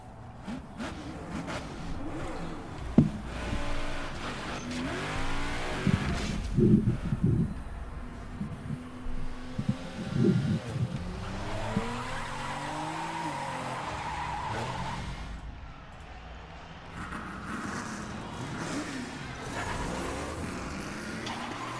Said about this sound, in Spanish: Es un tráiler normal, bueno, con carreras de drags.